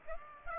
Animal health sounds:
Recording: mosquito wingbeat signal from an infrared sensor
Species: Aedes aegypti

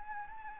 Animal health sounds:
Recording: mosquito wingbeat signal from an infrared sensor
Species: Anopheles arabiensis

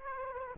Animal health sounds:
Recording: mosquito wingbeat signal from an infrared sensor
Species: Aedes aegypti

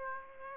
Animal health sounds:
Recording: mosquito wingbeat signal from an infrared sensor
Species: Aedes aegypti

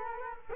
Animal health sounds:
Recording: mosquito wingbeat signal from an infrared sensor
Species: Culex quinquefasciatus

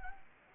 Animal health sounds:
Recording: mosquito wingbeat signal from an infrared sensor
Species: Anopheles arabiensis

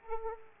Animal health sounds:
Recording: mosquito wingbeat signal from an infrared sensor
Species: Anopheles arabiensis

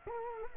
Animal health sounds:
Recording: mosquito wingbeat signal from an infrared sensor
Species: Culex quinquefasciatus

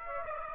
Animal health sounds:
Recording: mosquito wingbeat signal from an infrared sensor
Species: Aedes aegypti

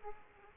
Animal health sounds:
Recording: mosquito wingbeat signal from an infrared sensor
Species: Aedes aegypti

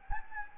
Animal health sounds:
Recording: mosquito wingbeat signal from an infrared sensor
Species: Anopheles gambiae

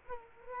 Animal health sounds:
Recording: mosquito wingbeat signal from an infrared sensor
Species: Culex quinquefasciatus

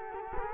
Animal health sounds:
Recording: mosquito wingbeat signal from an infrared sensor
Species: Culex quinquefasciatus

